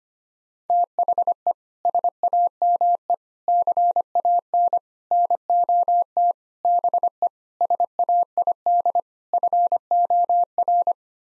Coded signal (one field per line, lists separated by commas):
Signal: Morse code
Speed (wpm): 25 wpm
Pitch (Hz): 700 Hz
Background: none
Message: THE SAME CAN NOT BE SAID FOR